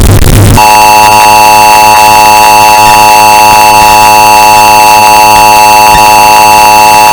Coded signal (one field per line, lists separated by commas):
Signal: Emergency Alert System (SAME) tones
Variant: 853 and 960 Hz attention tone